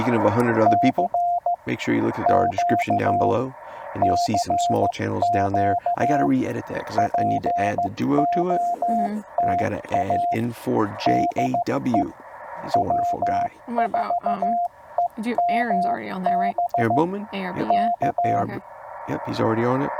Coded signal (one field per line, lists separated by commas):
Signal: Morse code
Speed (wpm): 15 wpm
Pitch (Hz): 700 Hz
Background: speech, radio noise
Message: C Q CQ POTA DE W4EMB K